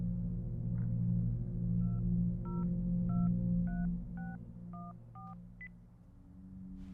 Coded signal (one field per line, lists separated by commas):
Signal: DTMF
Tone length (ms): 190 ms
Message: 2023614